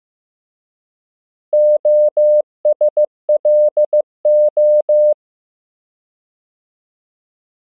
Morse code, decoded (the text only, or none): OSLO